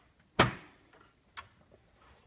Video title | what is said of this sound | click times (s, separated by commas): Dell T7500 CPU Upgrade to Dual Xeon X5650 | And then, boom, it locks into place right there. | 0.4 s